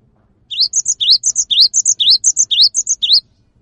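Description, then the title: Cinereous tit singing a quick run of high whistled phrases, each a rising note followed by short higher notes, repeated about twice a second for about three seconds over a soft low hum. Cinereous tit in active, frequent song; its long 'wucit' calls provoke other tits to join in and sing along. "GELATIK BATU GACOR WUCIT PANJANGNYA BIKIN GELATIK LAIN JADI TERPANCING UNTUK IKUT BUNYI"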